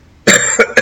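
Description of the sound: After a brief quiet moment, an adult man who is struggling with his voice coughs: one harsh, longer burst followed by two short, sharp bursts in quick succession, all within under a second. A plain, abrupt cough with no wheeze or whoop heard.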